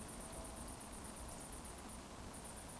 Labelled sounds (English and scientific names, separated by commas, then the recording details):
Eurasian Woodcock (Scolopax rusticola) whistle
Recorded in Baden-Württemberg, Germany, on 24 June 2020 at 20:22 UTC
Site 14569, 102 m above sea level